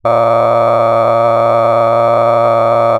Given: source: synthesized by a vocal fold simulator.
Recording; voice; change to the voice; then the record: sustained vowel; male; cycle-to-cycle stiffness perturbation (roughness), level 10 of 10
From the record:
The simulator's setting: 6.37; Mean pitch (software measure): 115 Hz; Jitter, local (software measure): 3.06%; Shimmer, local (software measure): 11.4%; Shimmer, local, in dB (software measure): 0.82 dB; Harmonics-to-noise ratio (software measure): 10.9 dB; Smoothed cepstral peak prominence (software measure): 16.9 dB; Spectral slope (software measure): -16.8 dB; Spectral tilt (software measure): -12.2 dB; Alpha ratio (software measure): -7.3 dB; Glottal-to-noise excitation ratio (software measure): 0.991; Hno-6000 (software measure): 2.4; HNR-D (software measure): 20.5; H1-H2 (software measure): 5.0 dB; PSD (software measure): 2.0e-04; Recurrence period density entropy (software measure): 0.103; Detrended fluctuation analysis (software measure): 0.0557